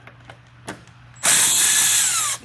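A power drill/driver is used on a screw near the fuel tank area of a 2005 Kawasaki Vulcan motorcycle. Small clicks at 0.1, 0.3 and 0.9 s come before a loud, high whine from about 1.2 to 2.4 s as the bit slips in the screw head. The head ends up stripped out completely, almost smooth, blamed on an earlier owner who over-tightened or cross-threaded it with power tools.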